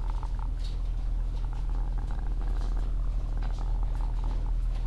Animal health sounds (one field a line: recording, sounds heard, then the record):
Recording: poultry house recording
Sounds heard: sick chickens (respiratory disease)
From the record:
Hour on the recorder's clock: 12